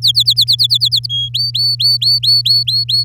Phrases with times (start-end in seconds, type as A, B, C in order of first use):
0.02-1.06 A, 1.09-1.29 B, 1.34-3.04 C